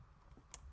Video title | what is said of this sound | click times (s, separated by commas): Vantrue E1 Pro 4K Mini Dash Cam Install - Toyota 4Runner | Now that's snapped in place, and what I'm gonna do is just | 0.5 s